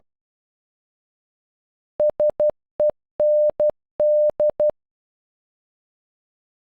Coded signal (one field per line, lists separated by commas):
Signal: Morse code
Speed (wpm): 12 wpm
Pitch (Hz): 600 Hz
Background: none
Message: SEND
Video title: Send in Morse code